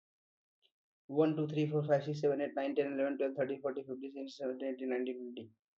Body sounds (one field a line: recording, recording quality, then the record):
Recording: counting at a fast pace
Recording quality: excellent, no background noise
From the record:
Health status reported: healthy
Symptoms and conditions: none ticked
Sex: male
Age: 25 years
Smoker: not ticked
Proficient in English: yes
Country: India